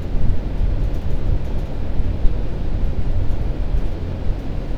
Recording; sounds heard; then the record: poultry house recording; no chicken sound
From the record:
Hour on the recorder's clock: 21